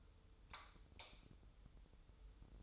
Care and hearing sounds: daily activity, microphone in the room; light off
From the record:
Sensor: 3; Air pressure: 988.4 hPa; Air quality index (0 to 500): 191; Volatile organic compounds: 268 ppm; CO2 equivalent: 4406 ppm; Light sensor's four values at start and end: 10/28/11/11 and 8/19/8/8

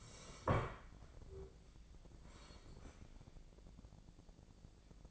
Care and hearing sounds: daily activity, microphone in the room; sit down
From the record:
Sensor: 5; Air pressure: 1012.4 hPa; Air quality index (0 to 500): 149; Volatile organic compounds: 2 ppm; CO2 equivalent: 1023 ppm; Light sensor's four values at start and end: 289/693/296/329 and 290/694/296/330

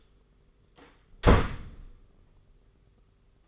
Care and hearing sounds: daily activity, microphone in the room; close door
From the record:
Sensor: 4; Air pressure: 991.2 hPa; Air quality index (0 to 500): 134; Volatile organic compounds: 48 ppm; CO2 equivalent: 3268 ppm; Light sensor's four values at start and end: 14/34/13/15 and 9/21/8/9

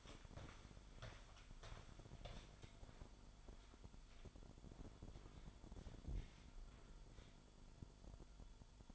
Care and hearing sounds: daily activity, microphone in the room; walk to room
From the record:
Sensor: 5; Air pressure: 1008.3 hPa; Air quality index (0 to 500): 124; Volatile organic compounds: 1 ppm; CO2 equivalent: 949 ppm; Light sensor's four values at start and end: 36/81/33/33 and 36/84/34/33

